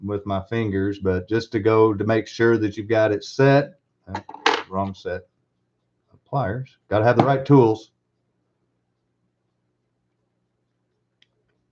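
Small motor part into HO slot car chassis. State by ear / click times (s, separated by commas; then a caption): seated / 11.2 s. Someone talks while working on an HO slot car (Tyco 440X2) motor build, where a small motor part already pushed in by finger into the chassis is pressed home with pliers. After a quiet stretch, a faint, short tick is heard at 11.2 s as the part clicks in and is seated.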